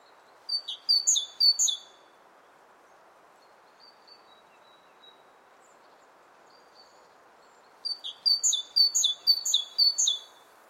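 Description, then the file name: Great tit singing clear, high short phrases in a rapid burst, a pause with a few soft notes, then another quick series of repeated phrases. "Parus major"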